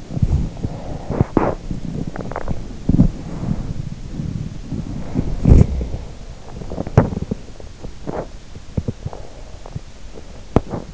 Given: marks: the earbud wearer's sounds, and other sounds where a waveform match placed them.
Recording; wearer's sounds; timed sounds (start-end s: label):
sounds in sleep by an in-ear microphone; teeth grinding
0.00-10.94 s: teeth grinding